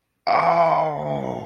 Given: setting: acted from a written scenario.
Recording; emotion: vocal sound without words; sadness